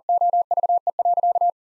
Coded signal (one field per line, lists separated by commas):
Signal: Morse code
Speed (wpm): 40 wpm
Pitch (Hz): 700 Hz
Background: none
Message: OVE.